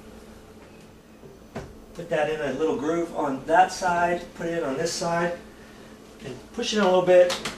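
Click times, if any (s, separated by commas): none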